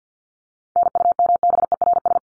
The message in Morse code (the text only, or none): NUMBERS